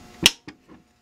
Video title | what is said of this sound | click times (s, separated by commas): How To Make Your Own Professional Looking DIY Blade Baits Or Vibrating Lures!: STEP BY STEP!!! | that nice snap sound | 0.3 s